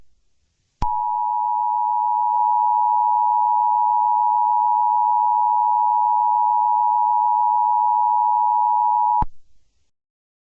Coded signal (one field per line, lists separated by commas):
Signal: Emergency Alert System (SAME) tones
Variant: 853 and 960 Hz attention tone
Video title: Random snow squall warning EAS alert